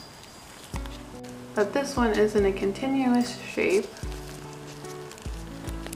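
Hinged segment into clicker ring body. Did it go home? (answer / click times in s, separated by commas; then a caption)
yes / 5.9 s. Someone talks while the hinged segment of a metal clicker ring is closed into the ring body, with a steady tonal hum and a few small taps in the background. The segment snaps shut with two quick, sharp clicks at about 5.9 s and 5.9 s, and the ring is seated closed.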